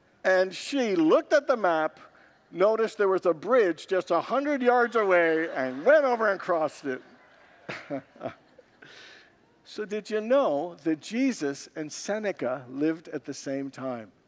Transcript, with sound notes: And she looked at the map, noticed there was a bridge just 100 yards away, and went over and crossed it. [Congregants laugh] So did you know that Jesus and Seneca lived at the same time?